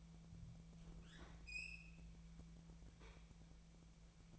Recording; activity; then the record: daily activity, microphone in the room; open fridge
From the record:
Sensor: 1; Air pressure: 1000.2 hPa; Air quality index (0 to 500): 136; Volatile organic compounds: 2 ppm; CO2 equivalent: 1287 ppm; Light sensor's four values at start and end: 38/95/40/49 and 37/94/40/49